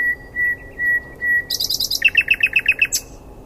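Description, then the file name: Common nightingale song: a few level whistled notes, then a run of high buzzy notes and a fast series of rapid chopped notes in quick repetition. "Luscinia megarhynchos"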